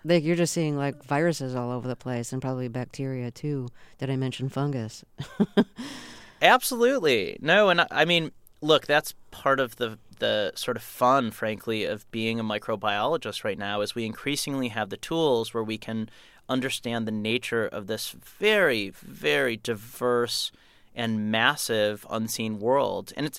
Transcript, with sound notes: Like you're just seeing like viruses all over the place and probably bacteria too. Did I mention fungus?
(LAUGHTER)
Absolutely. No, and I mean look, that's part of the, sort of, fun frankly, of being a microbiologist right now, is we increasingly have the tools where we can understand the nature of this very, very diverse and massive unseen world.